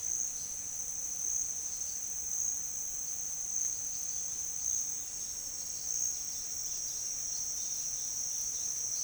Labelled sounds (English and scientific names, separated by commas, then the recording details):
none
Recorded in pastures near Puerto Asís, Putumayo, Colombia, on 23 June 2025 at 09:30
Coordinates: 0.466, -76.322
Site GP07